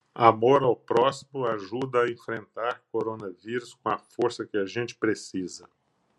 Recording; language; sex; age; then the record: spoken sentence; Brazilian Portuguese; male; 60 to 69 years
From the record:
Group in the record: control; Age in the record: 65 years